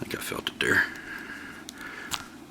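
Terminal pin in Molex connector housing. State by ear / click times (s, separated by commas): released / 1.7 s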